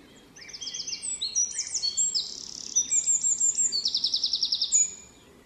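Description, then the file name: Eurasian wren delivering a long, rapid song of piercing high notes and buzzy trills for over four seconds, then silence apart from faint hiss. "Troglodytes troglodytes"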